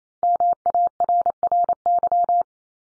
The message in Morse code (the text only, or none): MARRY